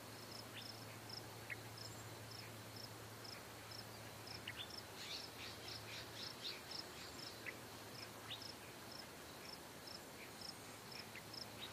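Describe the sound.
Cicada song: high pulses repeated about twice a second, with bird chirps and twittering through the middle and a low hum early on.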